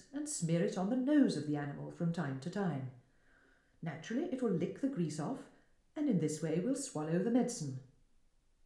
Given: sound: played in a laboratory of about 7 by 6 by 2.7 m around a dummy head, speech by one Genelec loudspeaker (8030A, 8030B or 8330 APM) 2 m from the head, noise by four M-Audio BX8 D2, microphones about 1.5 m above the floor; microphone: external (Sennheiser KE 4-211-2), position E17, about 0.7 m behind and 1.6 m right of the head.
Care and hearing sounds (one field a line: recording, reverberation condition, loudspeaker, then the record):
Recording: female speech in English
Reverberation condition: medium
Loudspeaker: 90 degrees to the right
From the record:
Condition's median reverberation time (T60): about 510 ms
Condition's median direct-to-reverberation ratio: about -0.5 dB